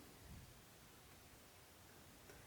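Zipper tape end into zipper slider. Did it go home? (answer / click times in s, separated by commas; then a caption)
no / none. The second zipper tape end is angled into a metal zipper slider and lined up with the other end. Only a steady broadband hiss with faint low rustling is heard, and no distinct hits stand out. Nothing has snapped or clicked into place yet.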